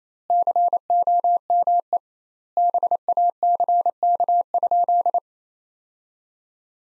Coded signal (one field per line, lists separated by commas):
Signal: Morse code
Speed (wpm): 28 wpm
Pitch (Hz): 700 Hz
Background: none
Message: COME BACK?